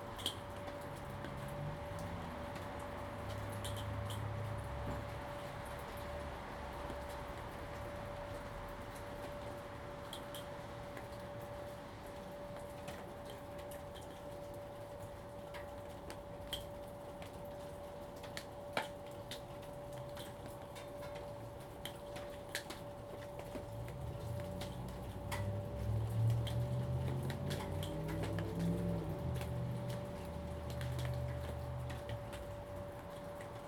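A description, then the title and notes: Low thunder rumbles roll in twice, near the start and again around the 24-second mark, swelling and fading over several seconds. A steady mid-pitched hum holds throughout, with scattered sharp ticks and drips over a quiet outdoor background. Salem Oregon thunderstorm, recorded live from the Lava Lamp Lounge patio. The storm began at roughly 4:30 PM. This is a raw audio recording, made with a ZOOM H2n Recorder.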